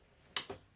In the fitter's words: you can hear that click that is